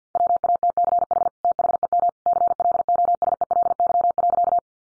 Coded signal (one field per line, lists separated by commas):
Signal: Morse code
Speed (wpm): 48 wpm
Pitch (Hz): 700 Hz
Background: none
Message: WATCH THEM CLOSELY.